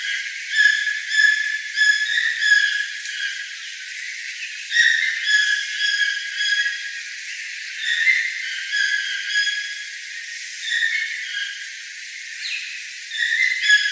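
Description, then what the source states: Toucans giving repeated harsh, harmonic yelping notes in bursts, with a steady hiss beneath. Several toucans.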